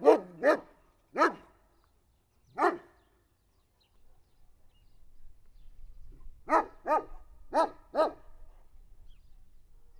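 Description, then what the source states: Dog barking in short, harsh bursts: four barks, a pause, then four more over a faint low rumble. Dog in a farmyard, along the fence.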